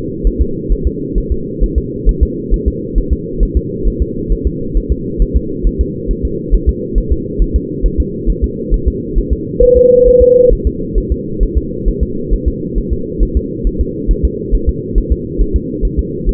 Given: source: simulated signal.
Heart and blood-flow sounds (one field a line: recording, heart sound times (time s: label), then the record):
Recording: fetal heart sounds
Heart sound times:
0.27 s: S1
0.42 s: S2
0.72 s: S1
0.87 s: S2
1.18 s: S1
1.32 s: S2
1.64 s: S1
1.78 s: S2
2.09 s: S1
2.23 s: S2
2.54 s: S1
2.68 s: S2
2.98 s: S1
3.13 s: S2
3.43 s: S1
3.57 s: S2
3.88 s: S1
4.02 s: S2
4.32 s: S1
4.47 s: S2
4.77 s: S1
4.92 s: S2
5.22 s: S1
5.37 s: S2
5.67 s: S1
5.81 s: S2
6.11 s: S1
6.25 s: S2
6.55 s: S1
6.69 s: S2
6.98 s: S1
7.12 s: S2
7.42 s: S1
7.56 s: S2
7.86 s: S1
8.00 s: S2
8.30 s: S1
8.44 s: S2
8.74 s: S1
8.88 s: S2
9.18 s: S1
9.33 s: S2
9.63 s: S1
9.77 s: S2
10.08 s: S1
10.22 s: S2
10.53 s: S1
10.67 s: S2
10.98 s: S1
11.12 s: S2
11.43 s: S1
11.58 s: S2
11.88 s: S1
12.03 s: S2
12.34 s: S1
12.48 s: S2
12.78 s: S1
12.93 s: S2
13.23 s: S1
13.37 s: S2
13.67 s: S1
13.81 s: S2
14.11 s: S1
14.25 s: S2
14.55 s: S1
14.69 s: S2
14.98 s: S1
15.12 s: S2
15.41 s: S1
15.56 s: S2
15.85 s: S1
15.99 s: S2
16.29 s: S1
From the record:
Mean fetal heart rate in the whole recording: 135 bpm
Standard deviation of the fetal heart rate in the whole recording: 3 bpm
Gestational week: 36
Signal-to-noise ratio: -6.6 dB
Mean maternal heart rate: 72 bpm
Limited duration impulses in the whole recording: present